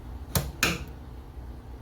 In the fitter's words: bingo you know it's in there you can really feel it thunk it kind of goes back and you really hear it done